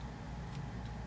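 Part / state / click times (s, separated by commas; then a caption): lancet into lancing device holder / not seated / none. A plastic lancet is handled at the holder hole of an open Keto-Mojo lancing device over a steady low hum, with faint soft ticks. Nothing has seated or clicked yet; the lancet is not yet home.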